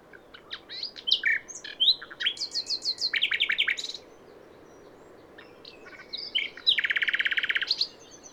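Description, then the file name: Common nightingale delivering quick chirps and a run of repeated notes, a pause, then a rapid rattling trill at the end. "Luscinia megarhynchos"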